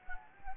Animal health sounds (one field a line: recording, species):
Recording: mosquito wingbeat signal from an infrared sensor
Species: Anopheles gambiae